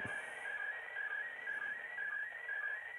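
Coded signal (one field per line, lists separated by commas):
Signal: SSTV (slow-scan television)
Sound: warbling tone shifting between two pitches under heavy hiss, with brief lower blips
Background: radio static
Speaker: Oh I got a bunch of noise on top of it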